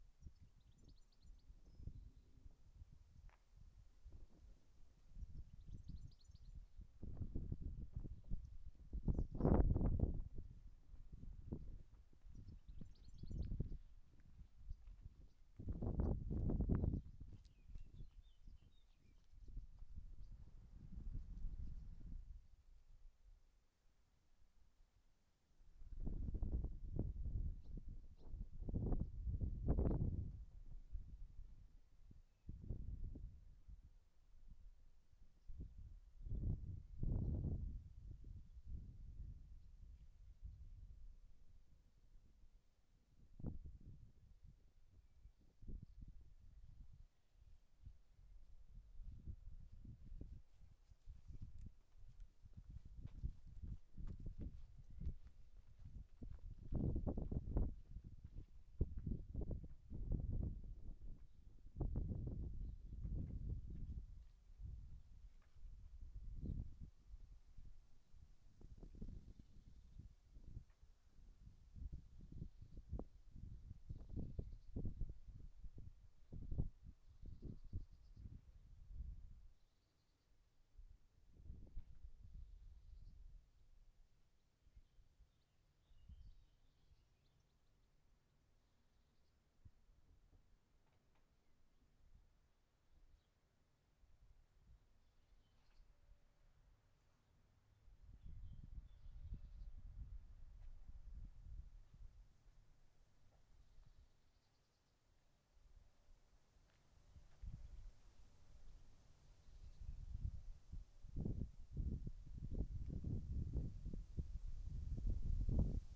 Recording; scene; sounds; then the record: everyday scene through a hearing-aid microphone; wind on the microphone; wind, other noises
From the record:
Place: in front of a rural house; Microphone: behind the ear, right, rear